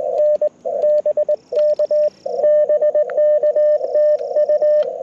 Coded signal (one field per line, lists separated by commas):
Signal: Morse code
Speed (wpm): 21 wpm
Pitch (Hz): 600 Hz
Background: radio noise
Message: N BK BK TU